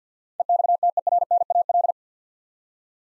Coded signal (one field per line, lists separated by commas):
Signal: Morse code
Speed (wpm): 50 wpm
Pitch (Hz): 700 Hz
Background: none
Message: EXTERNAL